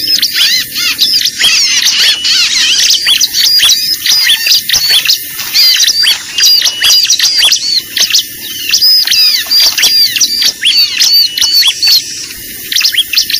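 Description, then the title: Bar-winged prinia calls: dense, rapid high chirping and hooked whistles in long runs with short gaps, over steady low hiss. Lure call used for trapping (pikat) Bar-winged prinia, known locally as ciblek, described as effective. "PIKAT BURUNG CIBLEK AMPUH"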